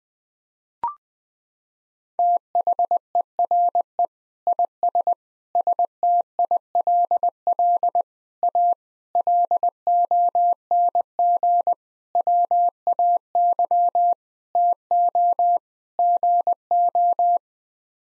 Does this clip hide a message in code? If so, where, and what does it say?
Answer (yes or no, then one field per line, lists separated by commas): yes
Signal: Morse code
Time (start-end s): 2.2-17.4 s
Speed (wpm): 20 wpm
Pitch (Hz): 700 Hz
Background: none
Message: THERE IS STILL A LONG WAY TO GO